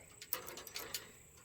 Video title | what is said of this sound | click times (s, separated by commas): Walk through tour of Seafarer 26' Sailboat with Aluminum Trailer For Sale 9K | Um but they also sort of lock into place. | 0.3 s